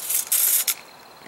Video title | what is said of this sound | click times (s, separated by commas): How To Clean A 5.45x39 AR-15 After Shooting Corrosive Ammo (7N6) | push your buffer in over that detent on the rear until you hear it click in. And there you go. | 0.7 s